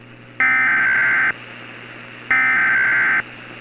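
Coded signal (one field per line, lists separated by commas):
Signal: Emergency Alert System (SAME) tones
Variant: header bursts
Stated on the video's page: Simulated NOAA Weather Radio thunderstorm scenario that may contain valid EAS tones, with an extremely realistic script and voice.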